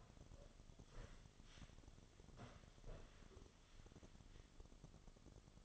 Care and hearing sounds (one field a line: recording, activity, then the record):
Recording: daily activity, microphone in the room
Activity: sit down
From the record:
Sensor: 4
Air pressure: 1005.9 hPa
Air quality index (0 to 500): 91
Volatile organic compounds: 2 ppm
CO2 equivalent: 1124 ppm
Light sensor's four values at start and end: 13/29/11/10 and 13/29/11/10